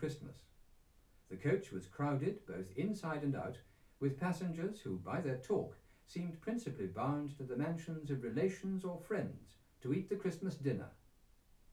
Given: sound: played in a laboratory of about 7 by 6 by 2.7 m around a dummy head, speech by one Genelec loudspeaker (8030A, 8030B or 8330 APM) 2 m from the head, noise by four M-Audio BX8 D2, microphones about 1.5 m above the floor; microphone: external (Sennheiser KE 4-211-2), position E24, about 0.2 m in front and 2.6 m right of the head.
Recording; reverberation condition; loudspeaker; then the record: male speech in English; low; 120 degrees to the left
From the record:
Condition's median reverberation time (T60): about 310 ms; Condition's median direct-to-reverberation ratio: about 3.5 dB